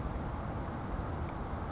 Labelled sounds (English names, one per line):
California Towhee